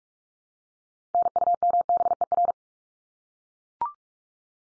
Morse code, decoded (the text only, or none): NUMBER